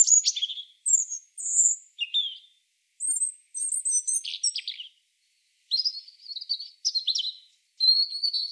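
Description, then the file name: European robin singing short, high, sparkling phrases of whistles and trills, with brief gaps between bursts; a quiet pause midway before more thin, tinkling notes. "Erithacus rubecula"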